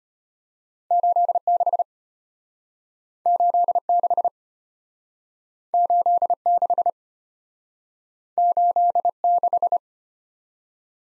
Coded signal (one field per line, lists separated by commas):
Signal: Morse code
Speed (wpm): 32 wpm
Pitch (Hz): 700 Hz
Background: none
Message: 86 86 86 86